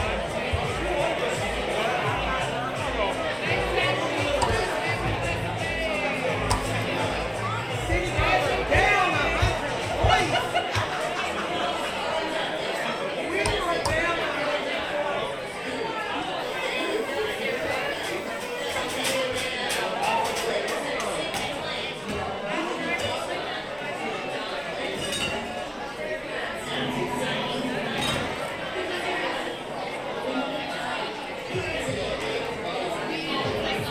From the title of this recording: Oga's Cantina (Disneyland) Binaural Ambience